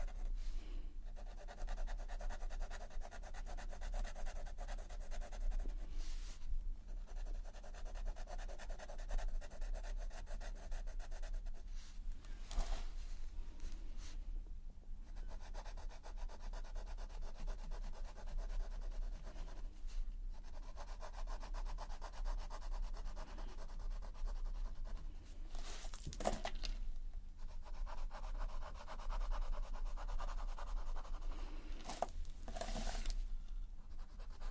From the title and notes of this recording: ASMR Relaxing Colouring- Pencil Sounds and Visual Triggers.